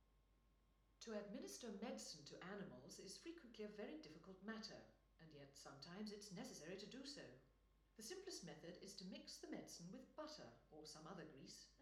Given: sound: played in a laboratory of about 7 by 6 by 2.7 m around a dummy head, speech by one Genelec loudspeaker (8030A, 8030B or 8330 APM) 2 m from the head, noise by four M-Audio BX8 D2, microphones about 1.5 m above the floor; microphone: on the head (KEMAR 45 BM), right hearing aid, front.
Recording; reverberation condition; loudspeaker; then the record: female speech in English; medium; 90 degrees to the right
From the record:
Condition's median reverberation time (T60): about 510 ms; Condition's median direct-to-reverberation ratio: about -0.5 dB